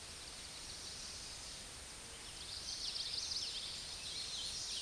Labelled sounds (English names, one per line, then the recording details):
Common Yellowthroat song
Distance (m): 35 m
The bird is about 10 m above the microphone
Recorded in a Pennsylvania forest on 16 May 2024 at 09:29
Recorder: AudioMoth, point MSD-2304
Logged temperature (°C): 16.0 °C
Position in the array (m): 216 m, 198 m